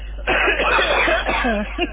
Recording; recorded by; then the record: voluntary cough; telephone call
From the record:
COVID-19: positive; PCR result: checked with the laboratory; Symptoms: no